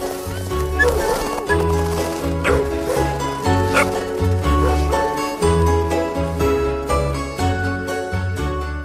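Several husky dogs, heard during a visit to a household in Lapland, bark and yip over one another in a steady, loud chorus, with high whining cries mixed between the repeated deep barks.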